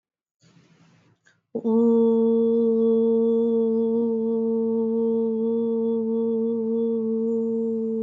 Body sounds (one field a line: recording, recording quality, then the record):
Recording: sustained vowel as in boot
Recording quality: excellent, no background noise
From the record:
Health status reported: healthy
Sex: female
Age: 33 years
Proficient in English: yes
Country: India